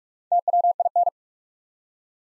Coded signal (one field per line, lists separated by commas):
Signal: Morse code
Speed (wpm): 44 wpm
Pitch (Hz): 700 Hz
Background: none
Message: TWIN